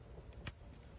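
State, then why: Seated. A wiring harness electrical connector is pushed onto an ignition coil on a Ford F-150 5.4L 3V Triton engine after the spark plug was replaced to fix a misfire. A single sharp click is heard at 0.5 s against a quiet background, and the connector is locked in.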